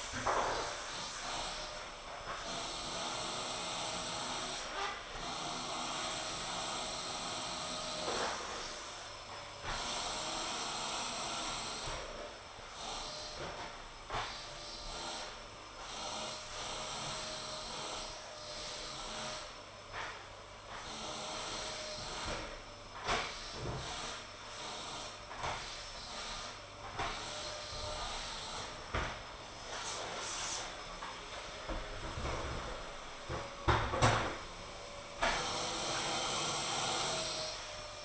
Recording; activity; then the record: daily activity, microphone in the room; vacuum cleaning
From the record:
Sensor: 5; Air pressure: 995.4 hPa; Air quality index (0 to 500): 81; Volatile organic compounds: 3 ppm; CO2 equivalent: 1495 ppm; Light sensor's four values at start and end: 35/86/35/35 and 35/85/34/35